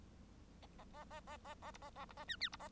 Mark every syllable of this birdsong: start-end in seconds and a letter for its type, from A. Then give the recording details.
0.62-0.66 A, 0.78-0.84 A, 0.93-1.04 A, 1.10-1.20 A, 1.26-1.37 A, 1.44-1.54 A, 1.61-1.71 A, 1.74-1.78 B, 1.81-1.90 A, 1.95-2.05 A, 2.09-2.13 B, 2.17-2.24 A, 2.27-2.36 C, 2.40-2.49 D, 2.52-2.56 B, 2.59-2.68 A. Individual Bird1